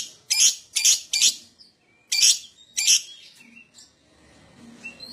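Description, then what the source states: Lovebird calls: several loud, harsh screeching bursts, with thin whistled squeaks between them. Adult lovebird singing vigorously, called gacor, with owor-style song.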